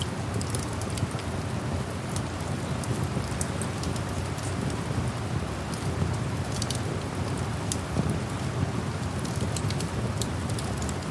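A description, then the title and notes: Steady rain patters densely with a low, constant rumble beneath, while frequent sharp crackles and pops from a campfire flick through the hiss. Campfire and rain at Night.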